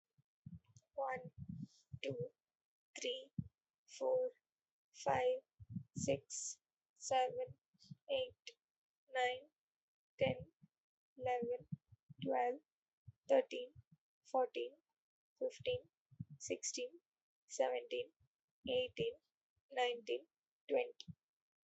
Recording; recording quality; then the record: counting at a normal pace; excellent, no background noise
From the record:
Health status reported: healthy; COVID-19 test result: negative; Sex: female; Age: 26 years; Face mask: not worn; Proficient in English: yes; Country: India